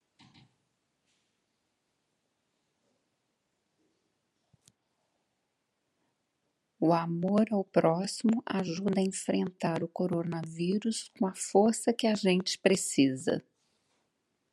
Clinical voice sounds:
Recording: spoken sentence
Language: Brazilian Portuguese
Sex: female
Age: 50 to 59 years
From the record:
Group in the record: control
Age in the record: 57 years

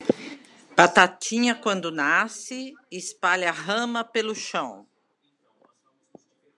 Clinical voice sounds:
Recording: short text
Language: Brazilian Portuguese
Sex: female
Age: 60 to 69 years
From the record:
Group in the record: control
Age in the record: 66 years

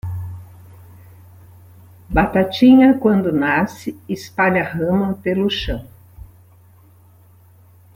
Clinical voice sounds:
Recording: short text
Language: Brazilian Portuguese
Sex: female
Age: 70 to 79 years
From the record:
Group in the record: control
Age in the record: 71 years

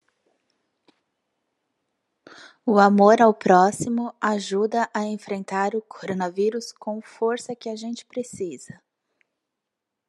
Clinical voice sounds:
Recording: spoken sentence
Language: Brazilian Portuguese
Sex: female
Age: 40 to 49 years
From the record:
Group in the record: control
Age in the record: 40 years

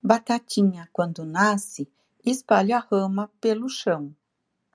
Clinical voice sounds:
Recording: short text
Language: Brazilian Portuguese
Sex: female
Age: 60 to 69 years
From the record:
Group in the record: control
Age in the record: 67 years

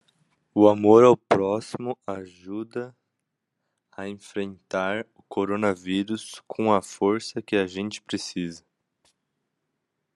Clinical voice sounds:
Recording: spoken sentence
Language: Brazilian Portuguese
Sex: male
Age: 20 to 29 years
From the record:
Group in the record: control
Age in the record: 23 years

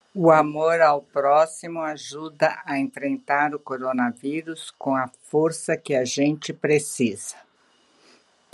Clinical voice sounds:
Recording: spoken sentence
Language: Brazilian Portuguese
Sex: female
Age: 70 to 79 years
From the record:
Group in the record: control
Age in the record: 76 years

